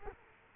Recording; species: mosquito wingbeat signal from an infrared sensor; Culex quinquefasciatus